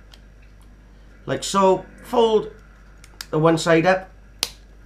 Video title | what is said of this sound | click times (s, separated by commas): how to change battery range rover key fob | till it clicks into place and then push your Valley key in | 4.4 s